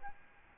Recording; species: mosquito wingbeat signal from an infrared sensor; Aedes albopictus